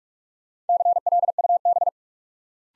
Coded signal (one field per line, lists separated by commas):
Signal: Morse code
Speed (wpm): 44 wpm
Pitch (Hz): 700 Hz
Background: none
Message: CLUB